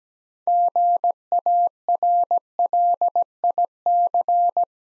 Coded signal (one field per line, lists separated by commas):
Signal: Morse code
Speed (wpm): 17 wpm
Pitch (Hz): 700 Hz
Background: none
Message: GARLIC